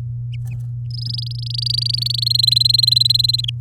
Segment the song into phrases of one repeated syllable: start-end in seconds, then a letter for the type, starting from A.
0.91-2.24 A, 2.26-3.41 B, 3.44-3.50 C